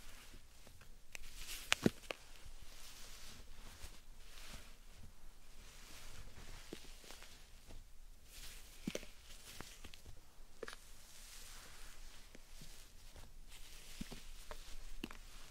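Slime sand is squished and pressed in a steady run of soft, wet crackles and sticky pops, the texture thickening and thinning every second or so. A couple of sharper clicks stand out near two and nine seconds, with a low hiss underneath throughout.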